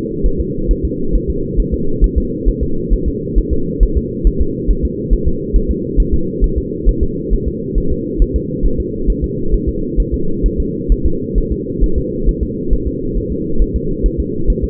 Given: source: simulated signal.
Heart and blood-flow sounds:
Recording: fetal heart sounds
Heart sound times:
0.26 s: S1
0.41 s: S2
0.71 s: S1
0.85 s: S2
1.15 s: S1
1.30 s: S2
1.60 s: S1
1.74 s: S2
2.04 s: S1
2.18 s: S2
2.49 s: S1
2.63 s: S2
2.94 s: S1
3.08 s: S2
3.38 s: S1
3.53 s: S2
3.83 s: S1
3.97 s: S2
4.27 s: S1
4.41 s: S2
4.70 s: S1
4.85 s: S2
5.13 s: S1
5.28 s: S2
5.56 s: S1
5.71 s: S2
6.00 s: S1
6.14 s: S2
6.44 s: S1
6.58 s: S2
6.89 s: S1
7.03 s: S2
7.33 s: S1
7.48 s: S2
7.78 s: S1
7.92 s: S2
8.22 s: S1
8.36 s: S2
8.66 s: S1
8.80 s: S2
9.10 s: S1
9.24 s: S2
9.54 s: S1
9.69 s: S2
10.00 s: S1
10.14 s: S2
10.46 s: S1
10.60 s: S2
10.92 s: S1
11.06 s: S2
11.38 s: S1
11.52 s: S2
11.84 s: S1
11.98 s: S2
12.29 s: S1
12.43 s: S2
12.73 s: S1
12.87 s: S2
13.18 s: S1
13.32 s: S2
13.62 s: S1
13.76 s: S2
14.06 s: S1
14.20 s: S2
14.50 s: S1
14.64 s: S2
From the record:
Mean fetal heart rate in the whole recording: 135 bpm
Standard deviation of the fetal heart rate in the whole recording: 3 bpm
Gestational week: 36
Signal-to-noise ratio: -8.1 dB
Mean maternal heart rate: 72 bpm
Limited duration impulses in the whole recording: absent

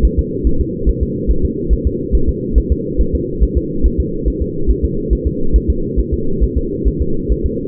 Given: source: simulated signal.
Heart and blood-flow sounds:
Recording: fetal heart sounds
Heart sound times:
0.05 s: S1
0.19 s: S2
0.47 s: S1
0.61 s: S2
0.89 s: S1
1.03 s: S2
1.31 s: S1
1.45 s: S2
1.73 s: S1
1.87 s: S2
2.15 s: S1
2.29 s: S2
2.58 s: S1
2.72 s: S2
3.01 s: S1
3.15 s: S2
3.43 s: S1
3.57 s: S2
3.86 s: S1
4.00 s: S2
4.28 s: S1
4.42 s: S2
4.70 s: S1
4.84 s: S2
5.13 s: S1
5.27 s: S2
5.56 s: S1
5.70 s: S2
6.00 s: S1
6.14 s: S2
6.43 s: S1
6.57 s: S2
6.88 s: S1
7.02 s: S2
7.32 s: S1
7.46 s: S2
From the record:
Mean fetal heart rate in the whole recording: 140 bpm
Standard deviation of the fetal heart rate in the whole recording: 2 bpm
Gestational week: 34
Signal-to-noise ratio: -8.1 dB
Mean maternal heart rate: 72 bpm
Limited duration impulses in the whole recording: absent

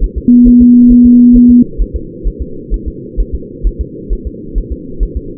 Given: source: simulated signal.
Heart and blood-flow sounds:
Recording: fetal heart sounds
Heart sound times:
0.04 s: S1
0.18 s: S2
0.48 s: S1
0.62 s: S2
0.92 s: S1
1.06 s: S2
1.36 s: S1
1.50 s: S2
1.81 s: S1
1.96 s: S2
2.27 s: S1
2.42 s: S2
2.74 s: S1
2.88 s: S2
3.20 s: S1
3.35 s: S2
3.67 s: S1
3.81 s: S2
4.13 s: S1
4.27 s: S2
4.58 s: S1
4.72 s: S2
5.03 s: S1
5.17 s: S2
From the record:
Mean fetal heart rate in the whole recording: 135 bpm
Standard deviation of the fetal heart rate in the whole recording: 3 bpm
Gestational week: 36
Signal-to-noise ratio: -4.3 dB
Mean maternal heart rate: 72 bpm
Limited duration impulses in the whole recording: present

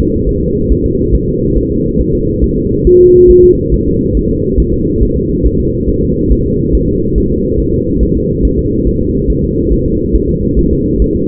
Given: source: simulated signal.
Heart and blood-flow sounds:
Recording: fetal heart sounds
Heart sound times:
0.00 s: S2
0.29 s: S1
0.43 s: S2
0.72 s: S1
0.86 s: S2
1.15 s: S1
1.29 s: S2
1.58 s: S1
1.72 s: S2
2.01 s: S1
2.15 s: S2
2.44 s: S1
2.58 s: S2
2.87 s: S1
3.01 s: S2
3.30 s: S1
3.44 s: S2
3.74 s: S1
3.88 s: S2
4.17 s: S1
4.31 s: S2
4.60 s: S1
4.74 s: S2
5.03 s: S1
5.17 s: S2
5.47 s: S1
5.60 s: S2
5.90 s: S1
6.03 s: S2
6.32 s: S1
6.46 s: S2
6.75 s: S1
6.89 s: S2
7.18 s: S1
7.32 s: S2
7.60 s: S1
7.74 s: S2
8.03 s: S1
8.17 s: S2
8.45 s: S1
8.59 s: S2
8.87 s: S1
9.01 s: S2
9.30 s: S1
9.44 s: S2
9.73 s: S1
9.87 s: S2
10.16 s: S1
10.30 s: S2
10.59 s: S1
10.73 s: S2
11.02 s: S1
11.16 s: S2
From the record:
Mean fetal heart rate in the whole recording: 140 bpm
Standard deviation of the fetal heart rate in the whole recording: 2 bpm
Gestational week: 34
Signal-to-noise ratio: -14.7 dB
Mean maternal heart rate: 72 bpm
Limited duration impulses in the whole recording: present

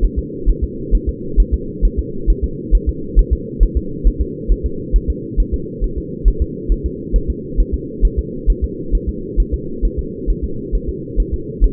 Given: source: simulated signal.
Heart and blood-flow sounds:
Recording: fetal heart sounds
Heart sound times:
0.04 s: S1
0.19 s: S2
0.50 s: S1
0.64 s: S2
0.95 s: S1
1.09 s: S2
1.40 s: S1
1.54 s: S2
1.85 s: S1
1.99 s: S2
2.30 s: S1
2.44 s: S2
2.75 s: S1
2.89 s: S2
3.19 s: S1
3.33 s: S2
3.63 s: S1
3.77 s: S2
4.07 s: S1
4.22 s: S2
4.52 s: S1
4.66 s: S2
4.96 s: S1
5.10 s: S2
5.40 s: S1
5.54 s: S2
5.84 s: S1
5.98 s: S2
6.28 s: S1
6.42 s: S2
6.72 s: S1
6.86 s: S2
7.16 s: S1
7.30 s: S2
7.60 s: S1
7.74 s: S2
8.05 s: S1
8.19 s: S2
8.50 s: S1
8.64 s: S2
8.95 s: S1
9.09 s: S2
9.40 s: S1
9.54 s: S2
9.85 s: S1
9.99 s: S2
10.30 s: S1
10.44 s: S2
10.75 s: S1
10.89 s: S2
11.20 s: S1
11.34 s: S2
11.64 s: S1
From the record:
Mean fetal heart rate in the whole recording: 135 bpm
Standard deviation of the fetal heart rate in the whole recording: 3 bpm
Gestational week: 36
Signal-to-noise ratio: -4.3 dB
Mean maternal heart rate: 72 bpm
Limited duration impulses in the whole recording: absent

